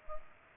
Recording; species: mosquito wingbeat signal from an infrared sensor; Culex pipiens